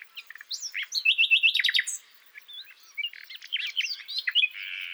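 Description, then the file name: Common nightingale singing a fast stuttering series of repeated notes, then a pause followed by scattered chirps and a closing buzzy trill. "Luscinia megarhynchos"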